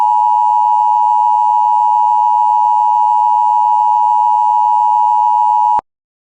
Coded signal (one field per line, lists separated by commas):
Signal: Emergency Alert System (SAME) tones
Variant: 853 and 960 Hz attention tone